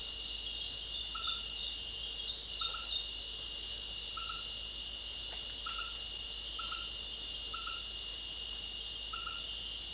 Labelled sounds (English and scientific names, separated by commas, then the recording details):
none
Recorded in dense forest near Puerto Asís, Putumayo, Colombia, on 20 December 2024 at 18:30
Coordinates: 0.482, -76.320
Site G021